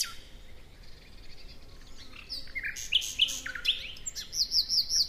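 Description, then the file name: Common nightingale song: quiet start, then varied chirps building into a series of sharp, repeated notes near the end. "Luscinia megarhynchos"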